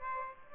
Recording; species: mosquito wingbeat signal from an infrared sensor; Aedes aegypti